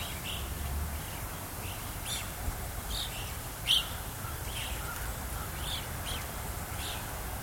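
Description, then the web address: European starlings: scattered sharp chirps and brief whistles, one louder squeal near the middle, against continuous low road rumble. Starlings roosting by a roadside at Fort Kent. "BBC America. fort kent roadside actuality with starlings roosting"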